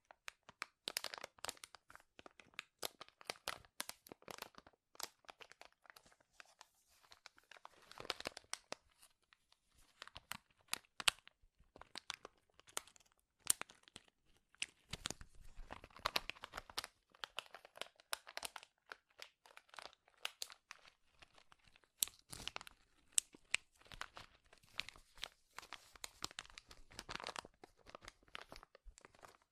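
Dense crinkling and crumpling runs throughout, sharp crackly bursts clustering in uneven waves with brief quieter gaps and occasional low thumps.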